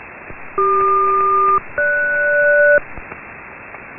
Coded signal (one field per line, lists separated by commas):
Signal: aircraft SELCAL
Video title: Aircraft selective calling SELCAL | Signal Phantom